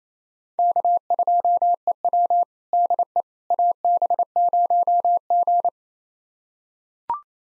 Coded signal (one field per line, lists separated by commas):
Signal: Morse code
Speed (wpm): 28 wpm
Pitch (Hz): 700 Hz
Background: none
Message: K2EW DE AB0G